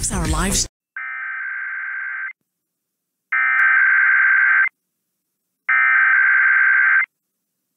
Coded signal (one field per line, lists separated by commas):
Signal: Emergency Alert System (SAME) tones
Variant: header bursts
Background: speech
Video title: Early March Weekend Tests (EAS #16402-16407) 3/2-3/24